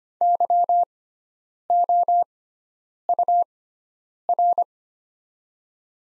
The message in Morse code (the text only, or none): YOUR